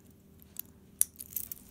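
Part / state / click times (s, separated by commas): jewelry chain clasp closing into its catch / seated / 1.0 s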